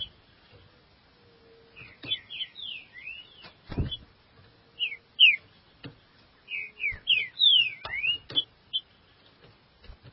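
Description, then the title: Green-winged saltator singing short groups of bright slurred whistles, down-swept and up-swept notes in loose phrases, with a few soft knocks and a low thud between. "Trinca Ferro"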